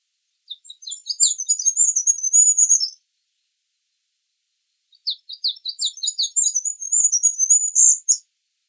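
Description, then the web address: Bird giving two high, busy twittering phrases about three seconds long, each opening with scratchy chips before a thin warble, with a long gap between. "Bird Only"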